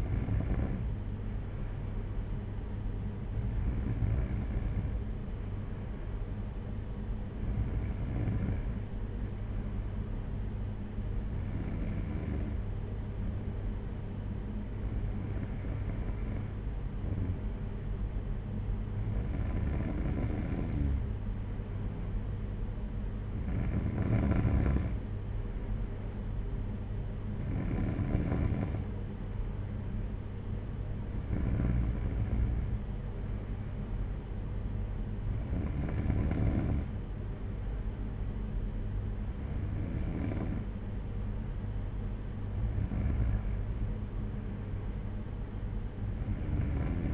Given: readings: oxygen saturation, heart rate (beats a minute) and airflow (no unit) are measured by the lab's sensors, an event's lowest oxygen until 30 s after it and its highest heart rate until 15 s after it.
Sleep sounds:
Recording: breathing in sleep by a smartphone at the bedside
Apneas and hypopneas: none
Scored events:
none scored
From the record:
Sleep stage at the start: N3 (deep sleep)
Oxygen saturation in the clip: 93 to 95%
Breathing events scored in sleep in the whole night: 226 in 8.8 hours asleep

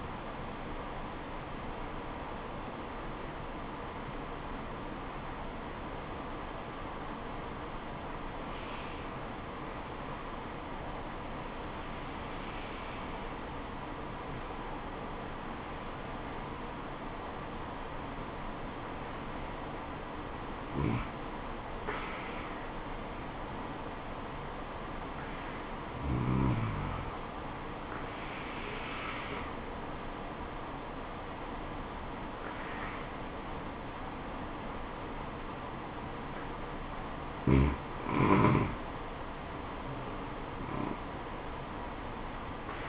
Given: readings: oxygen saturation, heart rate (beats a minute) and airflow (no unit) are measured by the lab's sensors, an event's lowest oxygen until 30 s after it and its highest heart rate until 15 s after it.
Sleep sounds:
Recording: breathing in sleep by a voice recorder at the bedside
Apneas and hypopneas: 1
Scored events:
8.00-38.00 s: new sleep stage, N1 (lightest sleep)
10.00-38.50 s: hypopnea (N1, oxygen 98% highest, then 92% lowest, heart rate 69 at the start, 80 highest)
38.00-42.89 s: new sleep stage, N2 (light sleep)
From the record:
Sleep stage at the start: N2 (light sleep)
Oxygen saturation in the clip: 88 to 98%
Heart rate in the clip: 68 to 80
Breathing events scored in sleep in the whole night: 426 in 7.4 hours asleep

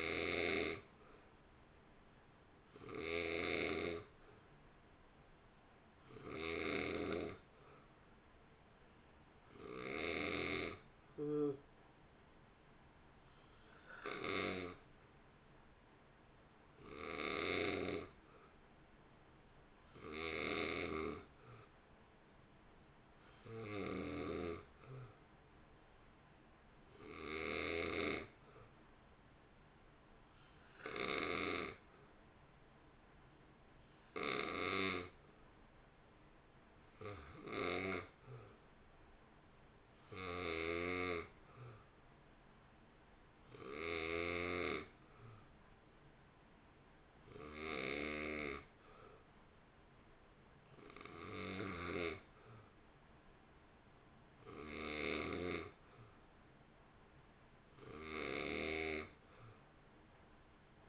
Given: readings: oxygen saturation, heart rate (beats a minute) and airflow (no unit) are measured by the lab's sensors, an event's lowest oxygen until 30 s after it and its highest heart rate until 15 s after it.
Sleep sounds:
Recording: breathing in sleep by a voice recorder at the bedside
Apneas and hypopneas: none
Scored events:
none scored
From the record:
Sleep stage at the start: N2 (light sleep)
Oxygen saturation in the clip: 89 to 90%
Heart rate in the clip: 54 to 58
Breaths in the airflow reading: 22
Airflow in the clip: -1.6 to 1.2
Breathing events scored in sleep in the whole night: 328 in 6.3 hours asleep

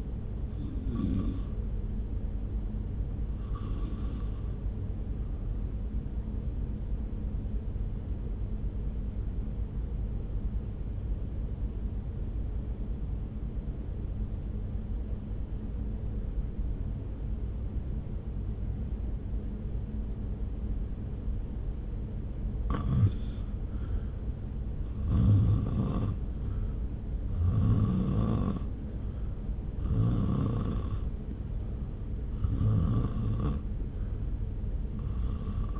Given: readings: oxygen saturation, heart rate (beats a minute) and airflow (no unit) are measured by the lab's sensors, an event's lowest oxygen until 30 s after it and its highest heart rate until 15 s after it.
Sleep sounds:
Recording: breathing in sleep by a smartphone at the bedside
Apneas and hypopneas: 1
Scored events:
7.00-23.80 s: obstructive apnea (N1, oxygen 95% highest, then 79% lowest)
9.00-35.80 s: new sleep stage, REM sleep
From the record:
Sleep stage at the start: N1 (lightest sleep)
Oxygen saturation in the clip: 79 to 95%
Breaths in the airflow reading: 11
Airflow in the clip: -0.7 to 1.0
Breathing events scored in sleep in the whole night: 335 in 6.7 hours asleep

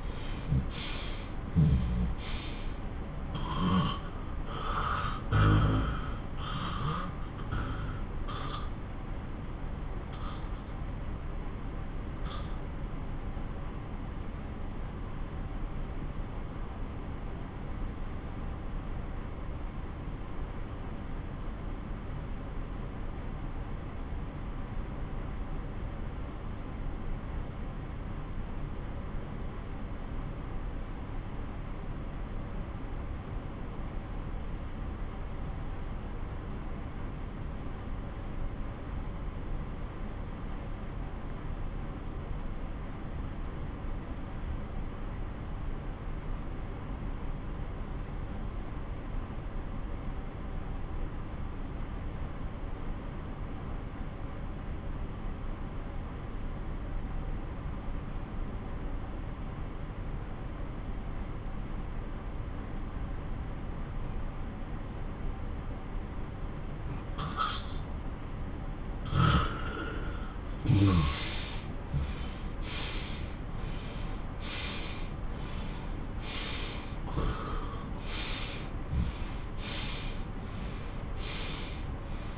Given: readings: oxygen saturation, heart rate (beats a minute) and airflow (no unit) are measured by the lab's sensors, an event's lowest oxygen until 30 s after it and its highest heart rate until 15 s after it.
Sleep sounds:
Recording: breathing in sleep by a smartphone at the bedside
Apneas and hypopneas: 1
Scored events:
5.00-69.00 s: obstructive apnea (N1, oxygen 95% highest, then 88% lowest)
19.00-79.00 s: new sleep stage, N2 (light sleep)
79.00-82.38 s: new sleep stage, N1 (lightest sleep)
From the record:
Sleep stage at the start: N1 (lightest sleep)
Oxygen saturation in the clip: 85 to 95%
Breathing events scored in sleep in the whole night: 217 in 6.3 hours asleep

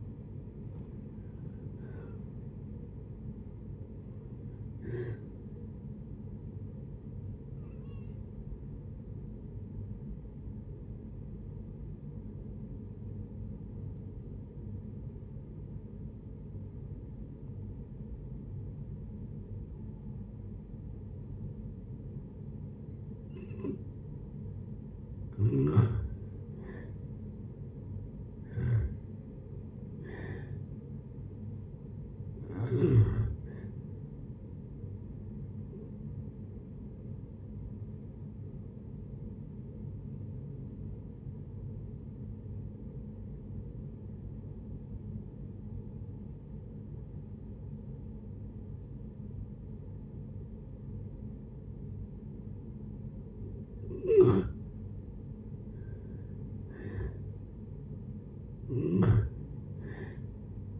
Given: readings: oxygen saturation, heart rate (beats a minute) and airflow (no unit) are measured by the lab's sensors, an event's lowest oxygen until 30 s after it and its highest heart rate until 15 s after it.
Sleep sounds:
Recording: breathing in sleep by a smartphone at the bedside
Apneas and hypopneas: 2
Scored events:
3.00-33.00 s: new sleep stage, N1 (lightest sleep)
8.00-26.00 s: hypopnea (N1, oxygen 97% highest, then 82% lowest, heart rate 71 at the start, 71 highest)
33.00-60.80 s: new sleep stage, N2 (light sleep)
36.00-55.30 s: hypopnea (N2, oxygen 95% highest, then 84% lowest)
From the record:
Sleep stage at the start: N2 (light sleep)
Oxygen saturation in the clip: 82 to 97%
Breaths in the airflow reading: 11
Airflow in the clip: -8.5 to 10.4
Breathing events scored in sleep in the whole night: 496 in 5.4 hours asleep

